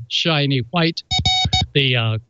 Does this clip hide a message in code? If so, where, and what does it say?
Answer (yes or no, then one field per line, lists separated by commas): no